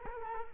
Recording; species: mosquito wingbeat signal from an infrared sensor; Culex quinquefasciatus